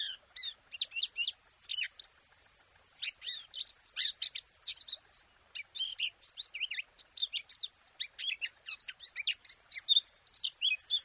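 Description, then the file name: Eurasian blackcap song, a prolonged jumble of high chirps and warbled notes, with a brief lull around five seconds. "Sylvia atricapilla"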